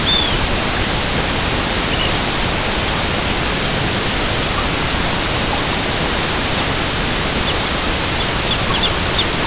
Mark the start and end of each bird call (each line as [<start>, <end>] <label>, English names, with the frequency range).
[0.00, 0.42] Arctic Tern (2.9-4.0 kHz)
[1.76, 2.21] Arctic Tern (2.5-3.7 kHz)
[6.46, 6.67] Arctic Tern (2.9-4.2 kHz)
[7.42, 7.59] Arctic Tern (2.6-3.8 kHz)
[8.12, 9.29] Arctic Tern (2.6-3.9 kHz)